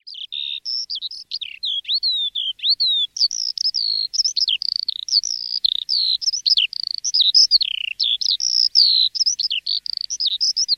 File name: alouette lulu